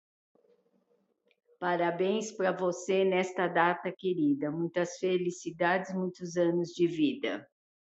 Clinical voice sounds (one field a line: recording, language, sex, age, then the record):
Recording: short text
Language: Brazilian Portuguese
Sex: female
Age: 60 to 69 years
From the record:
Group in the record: control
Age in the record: 69 years